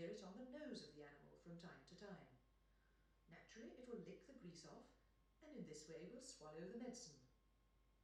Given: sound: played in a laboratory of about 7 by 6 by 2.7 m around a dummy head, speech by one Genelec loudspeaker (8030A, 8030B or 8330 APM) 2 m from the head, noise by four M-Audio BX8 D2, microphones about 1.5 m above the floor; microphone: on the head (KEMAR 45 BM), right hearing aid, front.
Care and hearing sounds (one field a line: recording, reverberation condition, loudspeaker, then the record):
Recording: female speech in English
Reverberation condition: medium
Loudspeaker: 30 degrees to the left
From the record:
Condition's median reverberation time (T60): about 510 ms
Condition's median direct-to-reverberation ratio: about -0.5 dB